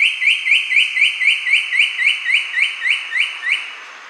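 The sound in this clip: Cocoa woodcreeper song, a long even series of clear upward-slurred whistled notes, about four per second, holding steady before fading at the end.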